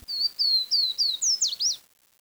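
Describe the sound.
Bird giving a quick series of about seven high, thin whistled notes, each slurring slightly downward, the last few sharper with steep down-sweeps, over a quiet background.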